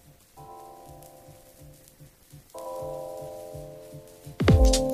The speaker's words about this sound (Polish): Szum płyty winylowej jako efekt, mimo że muzyki słuchamy z płyty kompaktowej